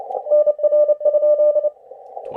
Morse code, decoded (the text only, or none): NR?